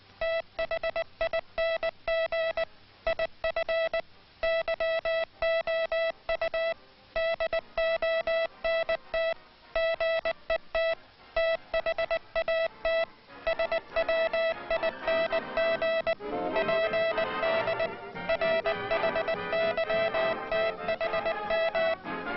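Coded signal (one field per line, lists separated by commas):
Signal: Morse code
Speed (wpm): 20 wpm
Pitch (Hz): 660 Hz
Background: music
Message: THING IF YOU DONT GET THAT SWING PD RHYTHM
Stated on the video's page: Morse code hand sending on a hand key; Army Signal Corps training film on rhythmic sending technique.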